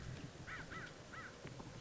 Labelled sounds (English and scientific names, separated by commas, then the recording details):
American Crow (Corvus brachyrhynchos)
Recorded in Sonoma County, California